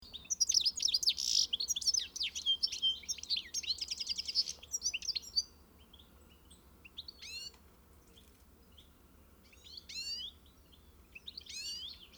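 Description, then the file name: European goldfinch twittering: a dense, liquid run of high chirps for about five seconds, then sparse, sharp single notes with quiet gaps between. "Carduelis carduelis"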